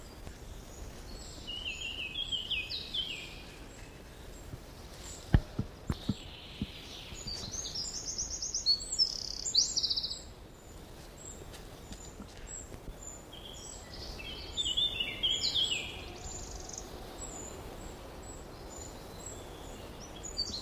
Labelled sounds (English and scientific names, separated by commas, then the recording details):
Eurasian Blackcap (Sylvia atricapilla) song
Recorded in the wild
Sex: male
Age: adult
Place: Mühlenbecker Wald, Brandenburg, DE
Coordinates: 52.7, 13.4
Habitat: marshland, glade
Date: 1988-06-19 11:36
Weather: cloudy, 14-18°C
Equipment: Nagra SN, Kopie Tesla B 116
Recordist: Tembrock, Günter